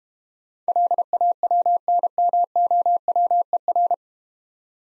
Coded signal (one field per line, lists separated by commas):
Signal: Morse code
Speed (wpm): 30 wpm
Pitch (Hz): 700 Hz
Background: none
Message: LAWNMOWER